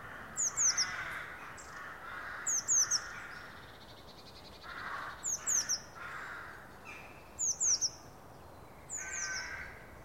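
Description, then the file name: Eurasian blue tit giving thin, high-pitched groups of downslurred notes, mostly in threes, in five clusters at irregular intervals, with faint lower background sounds. "Cyanistes caeruleus"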